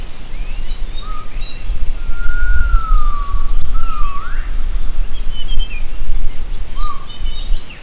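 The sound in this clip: Gibbon calls: clear whistled notes that slide down and then rise, spaced over several seconds, above a steady low rumble with faint high chirps.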